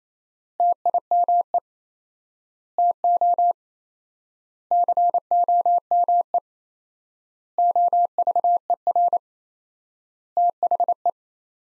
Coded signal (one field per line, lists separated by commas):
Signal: Morse code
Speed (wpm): 28 wpm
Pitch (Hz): 700 Hz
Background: none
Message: TIME TO COME OVER THE